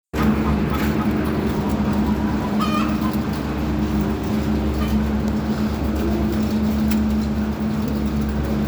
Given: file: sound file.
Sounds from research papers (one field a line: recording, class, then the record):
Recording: poultry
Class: feeding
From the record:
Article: Edge intelligence for poultry welfare: Utilizing tiny machine learning neural network processors for vocalization analysis